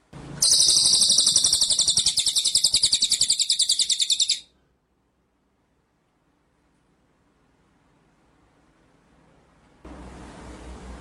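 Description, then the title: White-rumped shama song: a four-second stretch of rapid, shrill pulsed trilling, then silence and a return of background hiss. Masteran (training) track of murai batu in full rolling ('ngerol') and 'nembak' song style. "Masteran Murai Batu Full Ngerol Nembak"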